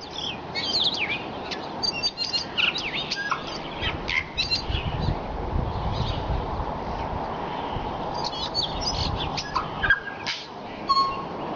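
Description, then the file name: Tui song: a varied run of clear whistles, sharp clicks and quick sliding notes, over a steady low rumble of background noise. Singing at sunrise. "Tui (Prosthemadera novaeseelandiae) singing at sunrise"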